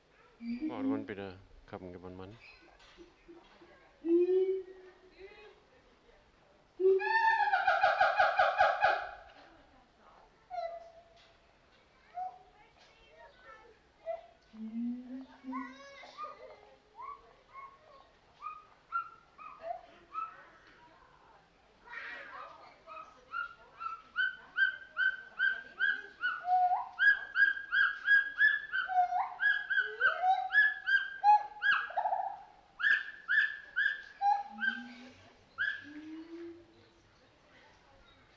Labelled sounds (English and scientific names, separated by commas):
Siamang (Symphalangus syndactylus)